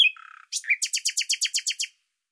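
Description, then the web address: Bird song opening with a short buzz, then a rhythmic series of about ten repeated clipped notes. "Deverinetal 2025"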